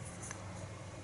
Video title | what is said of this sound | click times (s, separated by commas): Voopoo Rota Review .......Is it a pod or a spinner? | just slots in just like that, clicks into place, | 0.3 s